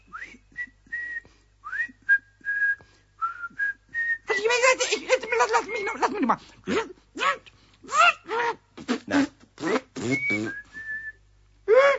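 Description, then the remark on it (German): Someone whistles a string of short, wavering high notes that slide up and down in pitch. Then a voice talks in quick bursts, with a couple more brief whistled notes near the end. “Und wenn du mir jetzt ein Stück Schokolade gibst, dann kann ich sogar schon pfeifen.”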